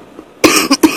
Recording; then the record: coughing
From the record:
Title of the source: 31 night wet cough